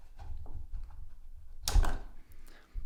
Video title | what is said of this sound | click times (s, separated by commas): Benchmade Mini Bugout - Can a EDC Knife Be This Good??? | and that should click in there yeah nice and easy | 1.7 s